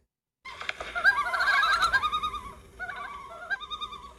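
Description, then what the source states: Common loon tremolo calls, wavering quavering notes from several birds overlapping, loudest in the first half then continuing more thinly. Group of 10 common loons in the middle of a lake, displaying to each other with tremolo calls.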